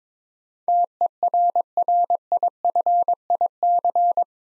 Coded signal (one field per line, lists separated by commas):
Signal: Morse code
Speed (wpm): 22 wpm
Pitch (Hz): 700 Hz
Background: none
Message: TERRIFIC